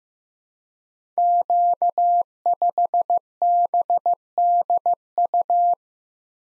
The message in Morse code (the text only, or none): Q5BDU